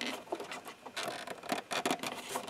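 An intake or breather hose with a plastic quick-connector is handled at its pipe on the throttle body of a Peugeot 307, with soft patters, rubs and light plastic taps. A sharp, loud, short hit sounds right at the end, at 2.5 s. Nothing has seated or clicked yet; the clip ends just before the connector goes home.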